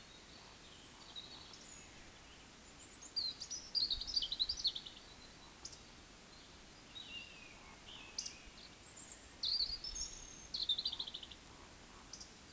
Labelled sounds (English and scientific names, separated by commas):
Eurasian Woodcock (Scolopax rusticola) whistle, Eurasian Woodcock (Scolopax rusticola) croak